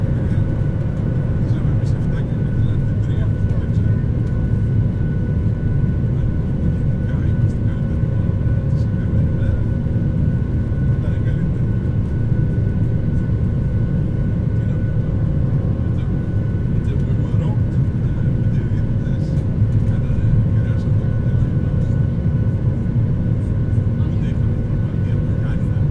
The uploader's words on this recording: This week features a flight from London Stanstead airport to the Greek island of Skiathos. Binaural. Boarding the Airbus, through to takeoff and a little bit of cruising.